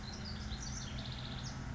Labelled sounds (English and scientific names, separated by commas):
House Wren (Troglodytes aedon)